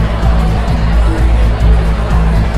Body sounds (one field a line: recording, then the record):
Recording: background sound without coughing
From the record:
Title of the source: Party Noise 1 Hour Party Ambience